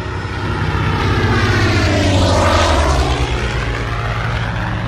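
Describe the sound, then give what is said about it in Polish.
A propeller airplane passes over the heads of people at a concert, with a loud, steady engine roar whose pitch sweeps and shifts as it goes by, peaking midway through. No one speaks. “właśnie przeleciała nad naszymi głowami tu na koncercie”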